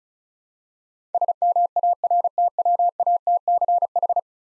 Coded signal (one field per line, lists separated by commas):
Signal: Morse code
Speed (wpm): 36 wpm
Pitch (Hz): 700 Hz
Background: none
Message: SMARTWATCH